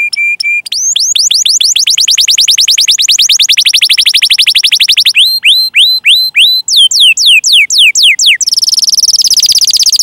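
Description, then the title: Canary song: brief piping notes, long runs of fast descending whistled notes, slower sweeping phrases, and a closing high buzzy trill. Canary singing vigorously (gacor) with ornamented song phrases (cengkok, isian), used for song training of other birds. "Kenari Gacor Cengkok Isian Kenarigacor Kicaumania Kenari"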